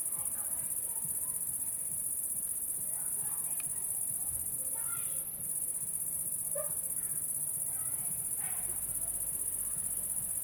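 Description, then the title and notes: Cricket trilling holds steady and high while several short, sharp bursts break in from other sources. Recorded at La Sablière, Saint-Privat-de-Champclos, France, with a Zoom H6 and M/S microphone. "30430 Saint-Privat-de-Champclos, France - cricket la sabliére. cricket la sabliére Captation : ZOOMH6 + M/S Microphone"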